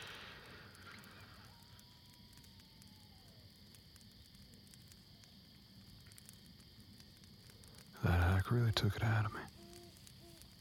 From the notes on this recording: campfire sounds, a soft breeze and nature sounds